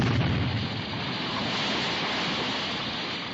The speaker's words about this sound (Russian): Раздался грохот и звон разбитых хрустальных подвесок, а Кеша вылетел на свободу.